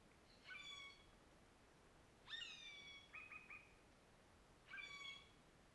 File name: Passaros diferentes, alguns mais perto, em fim de tarde